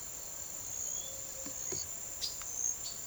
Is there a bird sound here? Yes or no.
yes